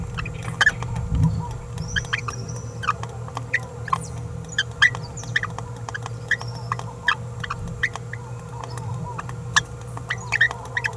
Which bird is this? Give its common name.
Green-rumped Parrotlet